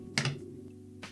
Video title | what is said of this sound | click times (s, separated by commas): Pentacon 6 TL Overview & Review | lens is locked into place like | 0.2 s